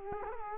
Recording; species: mosquito wingbeat signal from an infrared sensor; Culex quinquefasciatus